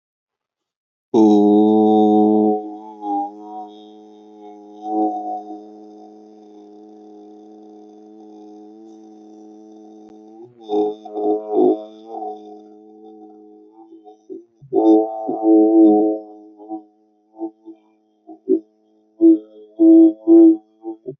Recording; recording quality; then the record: sustained vowel as in boot; excellent, no background noise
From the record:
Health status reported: healthy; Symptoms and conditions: none ticked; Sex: male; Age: 25 years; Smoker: not ticked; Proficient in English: yes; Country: India